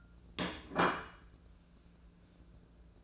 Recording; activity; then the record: daily activity, microphone in the room; place plate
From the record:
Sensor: 2